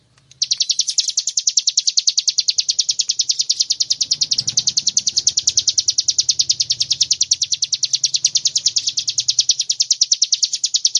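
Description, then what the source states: Bar-winged prinia song, a long unbroken run of sharp high notes repeated rapidly, with a faint low hum underneath. Tutor recording for cage birds.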